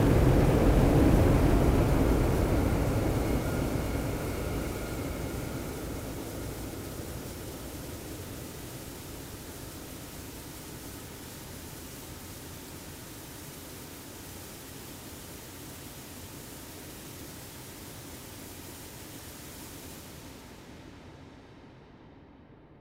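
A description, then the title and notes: A loud, dense roar of test noise in an acoustic chamber starts strongest and deepest, then steadily fades and thins over the next twenty seconds. ESA ESTEC Test Centre Sounds: CHEOPS space telescope acoustic testing (Mic 8). The majority of ESA spacecraft and satellites are tested at the ESA ESTEC Test Centre in Noordwijk, the Netherlands. This is the sound of ESA's CHEOPS - CHaracterising ExOPlanet Satellite - being tested in the Large European Acoustic Facility (LEAF).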